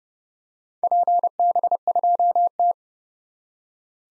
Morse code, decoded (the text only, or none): PB2T